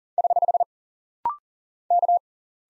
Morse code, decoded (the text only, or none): <HH> K